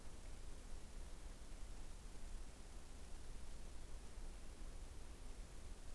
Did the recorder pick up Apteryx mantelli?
no